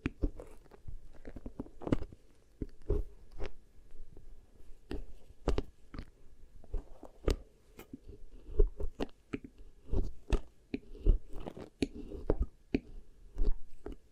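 Beeswax ear triggers: sticky, crackling clicks and soft crunches come in an irregular stream, several per second, over a low, muffled rubbing. Some pops land sharper and brighter than others, and the pace stays busy throughout without settling into a rhythm.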